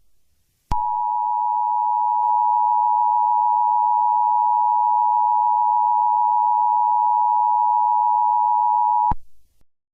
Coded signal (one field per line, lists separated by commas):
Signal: Emergency Alert System (SAME) tones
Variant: 853 and 960 Hz attention tone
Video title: Hue Hue Hue - Eas Scenario